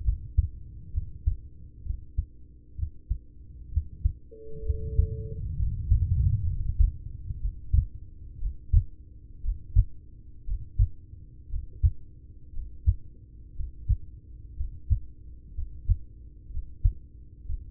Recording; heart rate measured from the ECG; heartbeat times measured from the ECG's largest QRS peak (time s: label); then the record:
heart sounds by stethoscope; 62 bpm
0.01 s: heartbeat
0.90 s: heartbeat
1.82 s: heartbeat
2.75 s: heartbeat
3.69 s: heartbeat
4.62 s: heartbeat
5.54 s: heartbeat
6.42 s: heartbeat
7.37 s: heartbeat
8.37 s: heartbeat
9.40 s: heartbeat
10.43 s: heartbeat
11.47 s: heartbeat
12.50 s: heartbeat
13.52 s: heartbeat
14.53 s: heartbeat
15.51 s: heartbeat
16.47 s: heartbeat
17.42 s: heartbeat
From the record:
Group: heart failure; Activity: rest 0-7 s, Valsalva maneuver 7-18 s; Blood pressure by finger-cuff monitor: 103/57 mmHg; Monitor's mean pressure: 72 mmHg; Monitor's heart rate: 63 bpm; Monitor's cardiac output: 5.2 L/min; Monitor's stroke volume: 90 mL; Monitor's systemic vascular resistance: 820 dyn s/cm5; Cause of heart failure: ischemic heart disease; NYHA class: 1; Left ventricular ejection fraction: 33%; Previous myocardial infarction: absent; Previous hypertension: absent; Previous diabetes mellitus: absent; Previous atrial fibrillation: absent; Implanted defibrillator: present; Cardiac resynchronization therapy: absent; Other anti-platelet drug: absent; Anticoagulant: apixaban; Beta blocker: carvedilol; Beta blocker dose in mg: 18.75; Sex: male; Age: 39 years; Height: 168 cm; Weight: 72 kg